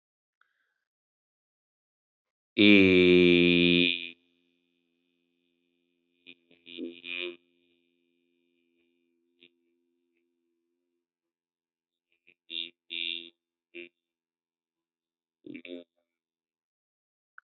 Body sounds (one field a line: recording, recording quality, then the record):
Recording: sustained vowel as in beet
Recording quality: moderate, slight background noise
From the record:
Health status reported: healthy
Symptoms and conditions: none ticked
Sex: male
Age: 41 years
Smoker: not ticked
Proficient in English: yes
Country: India